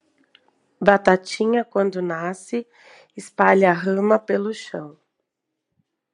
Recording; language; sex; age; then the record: short text; Brazilian Portuguese; female; 40 to 49 years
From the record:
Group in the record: control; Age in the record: 42 years